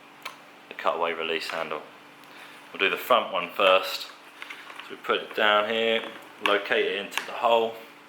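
A front cutaway mount from a CUT Mount G4 cutaway system is put down and located into its hole in a helmet mount, near the cutaway release handle, while someone talks. A brief sharp tick sounds at 0.3 s. The clip ends before the mount is pushed back, so nothing has seated or clicked into place yet.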